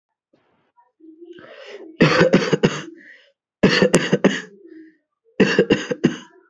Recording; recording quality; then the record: shallow voluntary cough; moderate, slight background noise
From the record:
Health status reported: healthy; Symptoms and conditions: none ticked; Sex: male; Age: 23 years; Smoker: not ticked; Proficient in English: yes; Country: India